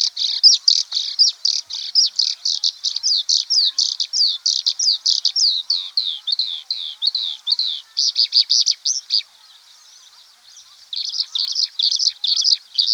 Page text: Oriental Skylark Song. Quick Sounds library